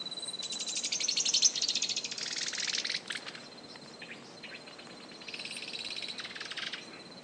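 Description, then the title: Bird chattering in fast high twittering bursts, broken by a long thin sustained whistle, then more buzzy chirps near the end. "LuckyPassaro Completos2Sama"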